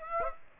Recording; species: mosquito wingbeat signal from an infrared sensor; Aedes aegypti